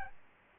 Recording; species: mosquito wingbeat signal from an infrared sensor; Aedes albopictus